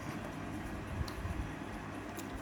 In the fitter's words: hear the click and